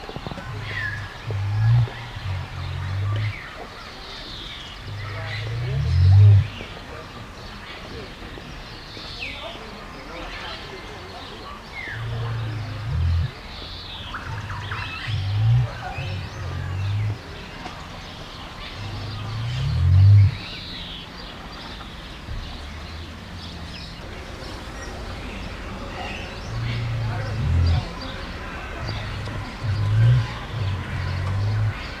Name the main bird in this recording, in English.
Great Curassow